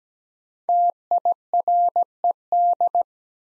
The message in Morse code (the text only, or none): TIRED